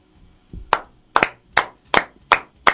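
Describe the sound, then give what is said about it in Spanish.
Slow, steady applause: about six sharp, crisp hand claps spaced evenly apart, each one bright and loud with a quick decay, with no voices over them. “Aplaudan, puto.”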